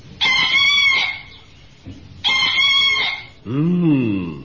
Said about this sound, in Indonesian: Berikutnya, kupanggil ayam hutan.